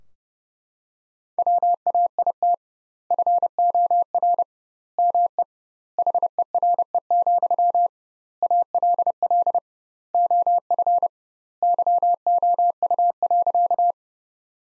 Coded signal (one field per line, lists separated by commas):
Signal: Morse code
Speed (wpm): 32 wpm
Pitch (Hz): 700 Hz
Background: none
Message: WAIT FOR ME HERE, ALL OF YOU.